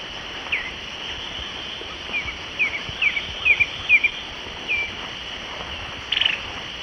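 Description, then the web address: Stripe-chested Antwren song, a loose series of short downslurred notes building then fading, with a thin insect whine throughout and a brief buzzy note near the end. Ecuador. "Natures Songs S America Birds of Ecuador Stripe-chested Antwren"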